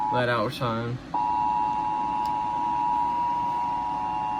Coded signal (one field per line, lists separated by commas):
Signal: Emergency Alert System (SAME) tones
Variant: 853 and 960 Hz attention tone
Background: speech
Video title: Hazardous Materials Warning for Kent Michigan EAS #40